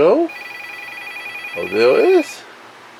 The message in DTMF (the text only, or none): none